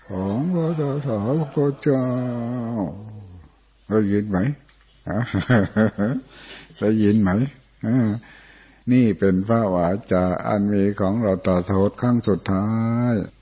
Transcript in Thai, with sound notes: ของพระตถาคตเจ้าได้ยินไหม (หัวเราะ) ได้ยินไหมนี่เป็นพระวาจาอันมีของเราตถคตครั้งสุดท้าย